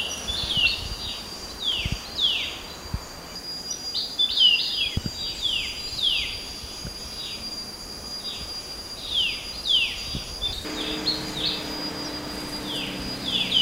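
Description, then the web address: Temminck's babbler calls: repeated high, downward-sweeping notes in loose pairs and trios, with a steady high drone and occasional soft clicks in the background. "RAFFCNTRE. temminck-at-s babbler"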